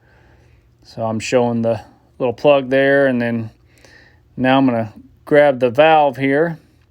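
Someone talks while handling a plastic drip-irrigation takeoff valve that is about to be pushed into a freshly cut hole in the poly main line. The speech comes in bursts over quiet pauses, and the valve has not yet popped in or seated by the end of the clip.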